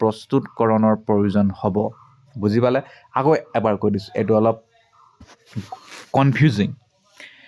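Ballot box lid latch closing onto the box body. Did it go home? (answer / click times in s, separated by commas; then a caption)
yes / 7.2 s. Someone talks while demonstrating how a ballot box is sealed, with a quiet pause around the five-second mark. At 7.2 s the ballot box lid latch is pushed closed onto the box body and gives a short, sharp click as it shuts and seats.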